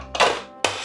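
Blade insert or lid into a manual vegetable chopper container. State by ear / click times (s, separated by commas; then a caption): seated / 0.6 s. A plastic part of a manual vegetable chopper, the blade insert or lid, is pushed into its container on a kitchen counter. A softer thunk at 0.15 s is followed by a sharp, loud snap at 0.7 s as the part seats into place.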